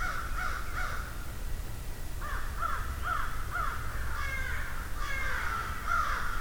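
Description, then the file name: Crows cawing in overlapping bursts over a steady low rumble, the harsh calls coming in clusters. Field recording of a flock of crows. "Murder Of Crows"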